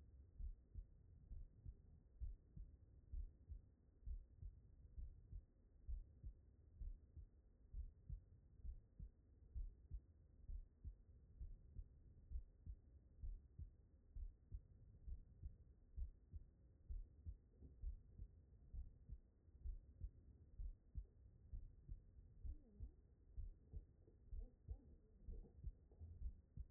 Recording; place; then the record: heart sounds by stethoscope; tricuspid valve (TV)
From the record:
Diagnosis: non-HFrEF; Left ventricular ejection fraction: 64%